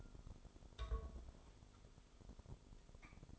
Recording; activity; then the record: daily activity, microphone in the room; take from stove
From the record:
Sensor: 5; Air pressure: 988.4 hPa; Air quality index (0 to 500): 205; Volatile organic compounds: 85 ppm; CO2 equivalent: 3646 ppm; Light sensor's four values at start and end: 48/141/55/60 and 46/138/54/59